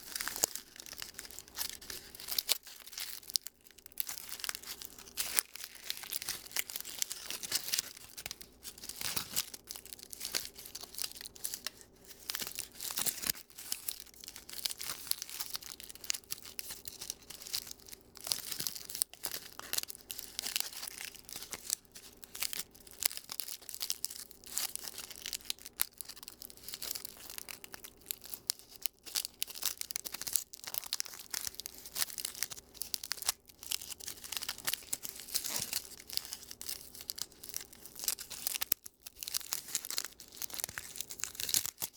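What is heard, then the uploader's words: Aluminum foil is crinkled continuously, a dense, bright, crackling rustle with sharp crisp snaps throughout. Calming Crinkling of Aluminum Foil.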